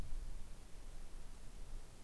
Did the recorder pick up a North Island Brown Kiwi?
no